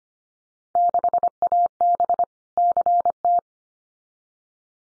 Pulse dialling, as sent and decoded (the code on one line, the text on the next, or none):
none